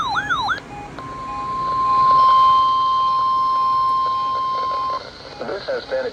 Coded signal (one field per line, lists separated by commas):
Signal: Emergency Alert System (SAME) tones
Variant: 1050 Hz attention tone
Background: speech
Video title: NWR Required Weekly Tests - 9/10/25 (EAS #2,371-2,376)